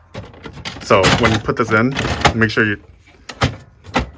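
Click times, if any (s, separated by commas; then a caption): 3.3 s. A plastic drum unit holding the toner cartridge is pushed into a Brother HL-L2380DW laser printer while someone talks. It seats with a sharp click at 3.3 s, followed by further knocks near 3.4 s and 4.0 s, and the assembly is confirmed firmly in place.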